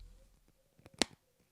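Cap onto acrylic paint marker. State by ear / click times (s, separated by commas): seated / 1.0 s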